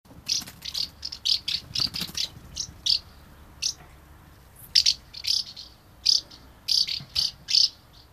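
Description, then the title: House martin calls: short high chirping notes in irregular bursts, with brief pauses between clusters. "Räystäspääsky"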